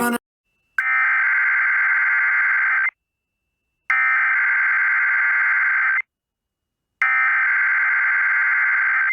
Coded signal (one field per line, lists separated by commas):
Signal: Emergency Alert System (SAME) tones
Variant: header bursts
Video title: EAS 3x Tornado Watch #9 North Carolina NOAA Weather Radio/EMNET (WERO-FM) +WeatherSTAR4000